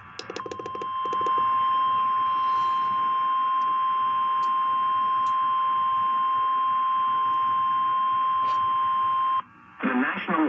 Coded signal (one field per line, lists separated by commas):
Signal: Emergency Alert System (SAME) tones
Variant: 1050 Hz attention tone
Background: speech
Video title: EAS Tornado Watch #603 For Alamance, Person and Randolph Counties!